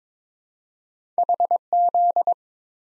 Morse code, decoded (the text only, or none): HZ